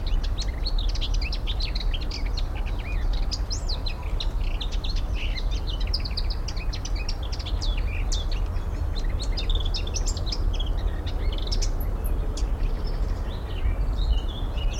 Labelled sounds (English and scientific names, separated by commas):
Willow Warbler (Phylloscopus trochilus)